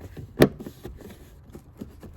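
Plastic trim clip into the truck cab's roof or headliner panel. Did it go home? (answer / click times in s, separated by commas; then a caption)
yes / 0.4 s. A plastic trim clip holding the headliner and side trim is pushed back into the roof panel of a 2017 Toyota Tacoma truck cab after the third brake light is replaced. A sharp pop at 0.4 s marks the clip seating into place, followed by faint softer rustling. The clip is seated.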